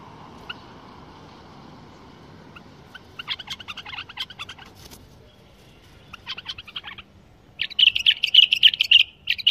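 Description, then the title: Bulbul song with scattered sharp notes, bursts of clicking phrases, then a loud fast rattling trill at the end. Described as the finest bulbul song without mistakes, in the 'tour' song style. "اجمل تغريد بلبل بدون اخطاء بلبل طور"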